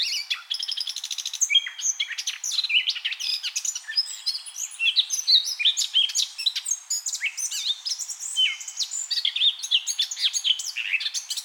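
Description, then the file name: Eurasian blackcap singing an energetic, nonstop warble of chattering notes and high whistled slides. "Sylvia atricapilla"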